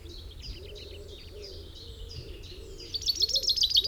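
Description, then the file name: Common chaffinch giving a long series of short high notes, repeated steadily, then a louder, faster high trill near the end; low background hum throughout. "Fringilla coelebs"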